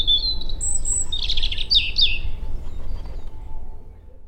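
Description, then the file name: European robin song: high, thin warbled phrases with sliding whistles and a brief jumbled trill, over steady low rumble. "Erithacus rubecula"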